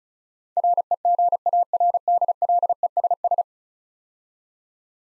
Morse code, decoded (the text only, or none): REGARDLESS